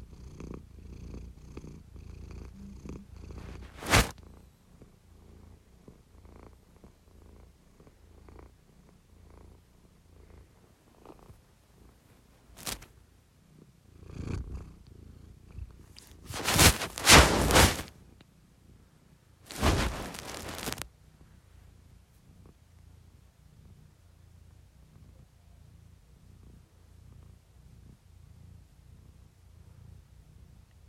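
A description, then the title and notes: A cat purrs in a low, steady rumble throughout, broken by a sharp click near four seconds and bursts of crisp rustling around seventeen and twenty seconds. Doeball the cat hanging out.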